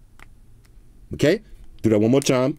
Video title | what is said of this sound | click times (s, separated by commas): Google Pixel 5a 5G "Real Review" - Stock Android is Still The Best! | okay watch your movies at work and it does have a little snap listen for that sound | 0.2 s